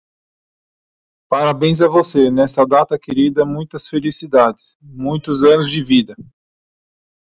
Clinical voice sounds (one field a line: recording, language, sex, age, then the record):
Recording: short text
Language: Brazilian Portuguese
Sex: male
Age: 30 to 39 years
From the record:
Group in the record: control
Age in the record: 34 years